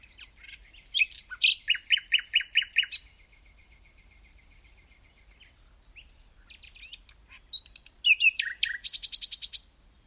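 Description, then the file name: Common nightingale singing a fast series of rich repeated notes, then a pause, then twisting trills that end in a loud, rapid rattle. "Luscinia megarhynchos"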